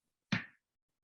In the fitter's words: And so we heard the click, so we know it's connected.